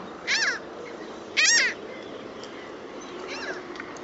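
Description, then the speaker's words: Mediterranean Gull calling: two strong nasal, mewing notes about a second apart, then a fainter third call, all over a constant low hiss. Distinctive call, useful when sea-watching and one flies overhead; lower in pitch and longer than Common Gull's call. "Luckily for us, it has a really distinctive call, which can be helpful if you're sitting there sea-watching and one flies over your head."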